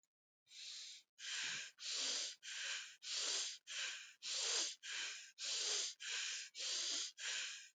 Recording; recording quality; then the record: shallow breathing; excellent, no background noise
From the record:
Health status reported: healthy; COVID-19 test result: negative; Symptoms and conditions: cough, cold, fever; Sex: female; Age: 29 years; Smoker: not ticked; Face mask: not worn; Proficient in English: yes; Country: India